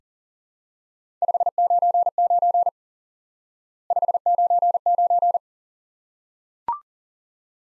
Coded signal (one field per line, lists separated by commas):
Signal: Morse code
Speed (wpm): 43 wpm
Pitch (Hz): 700 Hz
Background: none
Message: 599 599